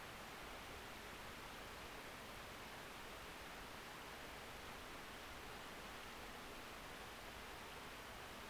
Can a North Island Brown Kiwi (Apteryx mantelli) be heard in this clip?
no